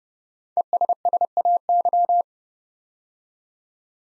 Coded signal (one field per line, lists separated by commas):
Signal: Morse code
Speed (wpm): 30 wpm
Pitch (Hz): 700 Hz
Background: none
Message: ESSAY